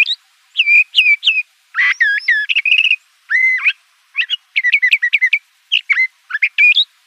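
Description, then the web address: Le Conte's thrasher song, a long string of varied whistles, slurred notes and harsh buzzy phrases, delivered in quick bursts with brief gaps. Arizona. "Sound Library Mimids AZFO LCTH deviche 011004"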